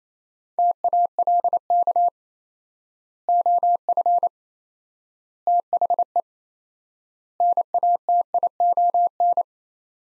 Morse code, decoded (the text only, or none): TALK OF THE NATION